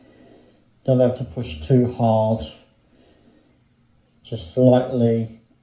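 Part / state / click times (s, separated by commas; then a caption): plastic bullet light into a model car body / not seated / none. A small plastic bullet light is handled and pressed gently into an Ecto-1 model car body while someone talks in two bursts, from about 0.9 to 2.6 s and 4.3 to 5.4 s, with quiet gaps between. Nothing has seated or clicked yet.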